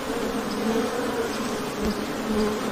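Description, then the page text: Honey bees buzzing, a steady droning hum of many wings with wavering tones, continuous throughout. Ambient honey bee wing-buzz sound, presented as ASMR background sound for work and sleep. "【環境音・ASMR】ミツバチの羽音3分｜ Honey Bees Sound【作業用・睡眠用BGM】"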